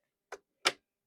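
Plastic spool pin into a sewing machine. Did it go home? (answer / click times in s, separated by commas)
yes / 0.3 s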